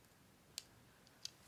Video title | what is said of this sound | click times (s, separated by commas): TRANSFORMERS: OIL PAN (STEP BY STEP) | well that was a soft click but uh soft click and then uh hinge this | 0.6 s, 1.3 s